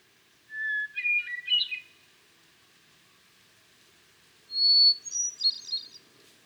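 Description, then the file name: Hermit thrush song: two ethereal phrases, each opening on a long pure whistled note then a quick fluttering cascade of higher tones, the second phrase pitched higher, quiet between. "Hermit Thrush - Catharus guttatus"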